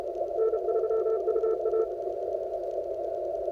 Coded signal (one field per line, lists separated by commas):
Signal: Morse code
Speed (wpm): 32 wpm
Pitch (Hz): 440 Hz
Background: none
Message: N3UA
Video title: 160 meter ARRL contest Dec 6th 2020 and trying to work C6AGF in the Bahamas